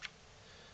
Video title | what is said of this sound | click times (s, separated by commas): ASUS ROG G74SX laptop repair! | actually feel like it sir it's not clicking in it's | 0.1 s